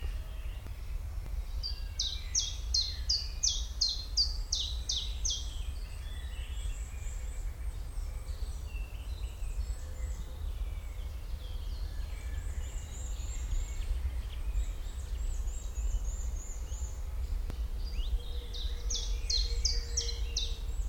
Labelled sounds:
Common Chiffchaff (Phylloscopus collybita)

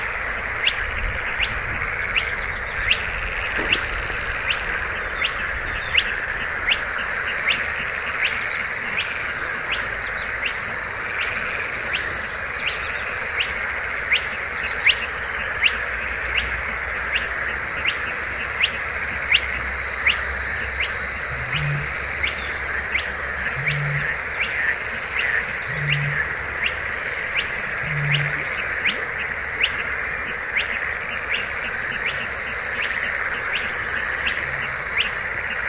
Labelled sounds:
Spotted Crake (Porzana porzana)

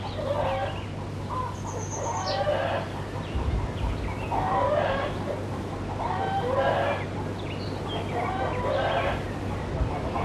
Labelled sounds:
Grey Wagtail (Motacilla cinerea) song

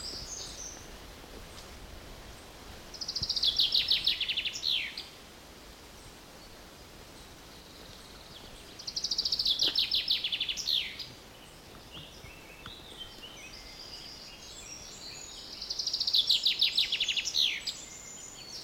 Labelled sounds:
Common Chaffinch (Fringilla coelebs)

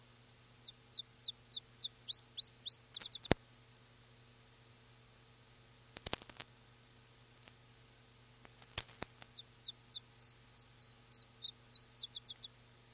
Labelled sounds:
Iberian Chiffchaff (Phylloscopus ibericus) song

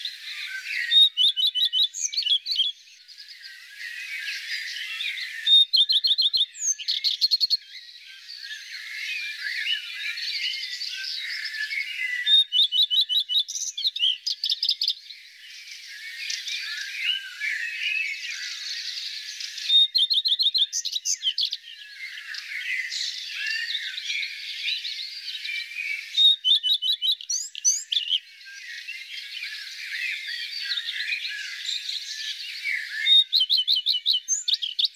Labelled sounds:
Common Redstart (Phoenicurus phoenicurus) song

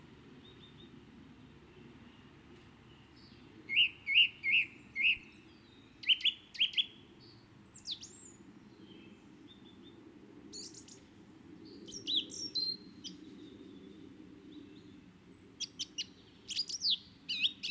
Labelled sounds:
Song Thrush (Turdus philomelos) song

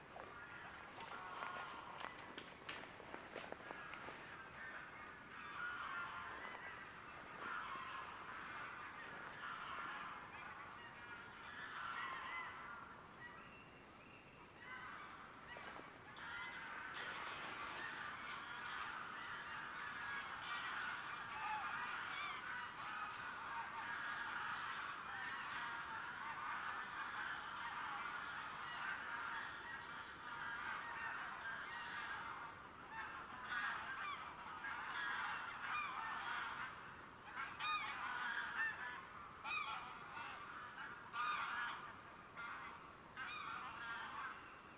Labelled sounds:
White-tailed Eagle (Haliaeetus albicilla) call

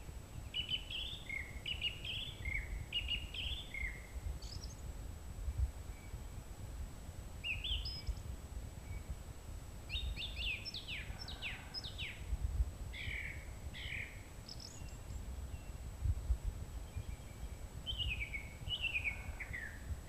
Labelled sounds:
Song Thrush (Turdus philomelos) song

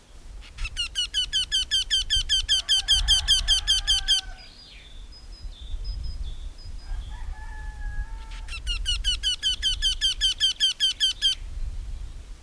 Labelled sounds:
Eurasian Wryneck (Jynx torquilla) song

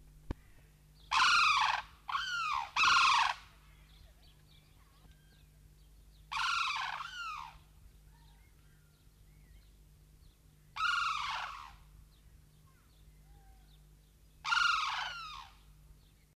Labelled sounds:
Sarus Crane (Grus antigone) duetting

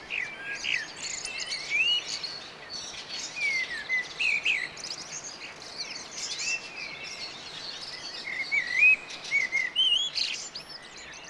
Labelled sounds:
Common Blackbird (Turdus merula) song

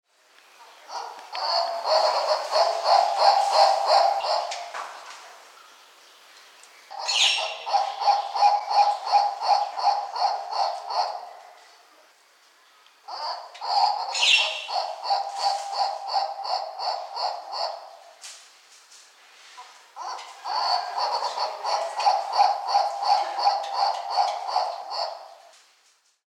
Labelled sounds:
White-cheeked Turaco (Tauraco leucotis)

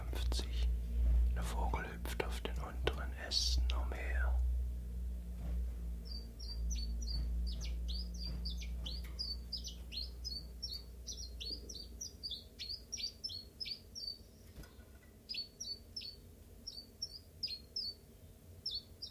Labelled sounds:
Common Chiffchaff (Phylloscopus collybita)

